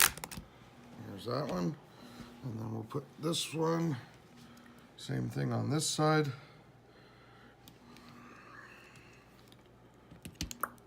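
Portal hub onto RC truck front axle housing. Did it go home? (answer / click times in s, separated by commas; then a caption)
no / none. A portal hub is being worked onto the end of the plastic front axle housing of a Traxxas TRX4 RC truck while someone talks. Short clicks and taps from handling the plastic parts are heard near the start and again around 10.4 and 10.6 seconds. Nothing has popped into place or seated yet.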